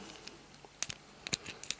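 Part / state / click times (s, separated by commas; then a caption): plastic panel on a transforming toy robot figure / seated / 0.8 s. A plastic panel on a Transformers Bumblebee robot action figure is bent and swung around during its transformation, with faint plastic rustling beneath. The panel clicks into place with a sharp snap at 0.8 s, followed by smaller plastic clicks around 0.9, 1.3, 1.7 and 1.8 s.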